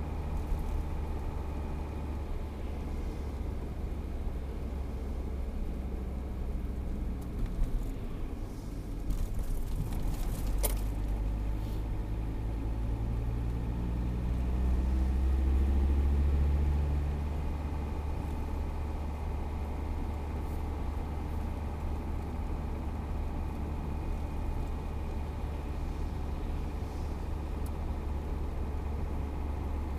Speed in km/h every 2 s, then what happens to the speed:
54, 52, 50, 45, 39, 37, 40, 46, 52, 53, 53, 53, 52, 52, 52.
0-9 slows to 37. 9-16 speeds up to 52. 16-30 steady at about 52.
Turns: none.